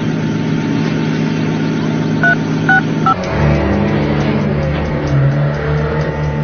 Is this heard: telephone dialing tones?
yes